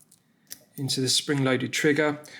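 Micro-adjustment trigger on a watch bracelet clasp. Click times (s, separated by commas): 0.5 s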